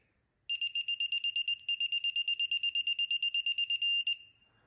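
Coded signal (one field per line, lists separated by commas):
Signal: none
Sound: torque wrench angle beeps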